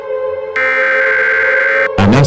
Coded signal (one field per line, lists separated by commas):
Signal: Emergency Alert System (SAME) tones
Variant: header bursts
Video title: EAS Scenario:When Day Breaks Part (1/2)